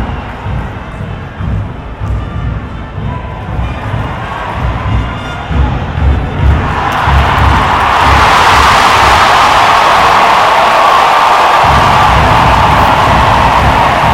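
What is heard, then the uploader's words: A soccer crowd murmurs and chatters for the first several seconds, with low rumbling and scattered voices. Around six to eight seconds the noise swells into a dense, bright roar of cheering that holds steady and loud through the end. Binaural soccer game, Portland Thorns vs Houston Dash. They score twice and the crowd goes completely wild. The lull between plays and between chants and songs in the stadium. This was recorded with binaural mics from the top of the cheap seats, away from people talking.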